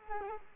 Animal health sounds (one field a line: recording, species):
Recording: mosquito wingbeat signal from an infrared sensor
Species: Culex quinquefasciatus